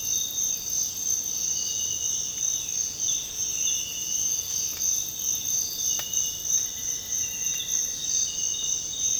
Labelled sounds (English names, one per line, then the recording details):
none
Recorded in dense forest near Puerto Asís, Putumayo, Colombia, on 9 March 2025 at 06:00
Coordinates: 0.486, -76.317
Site G053